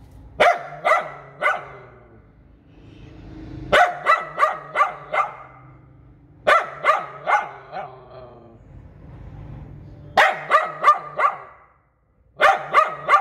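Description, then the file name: Poodle barking in quick bursts of three to five sharp yaps, pausing a second or two between bursts. "Tieng cho poodle sua"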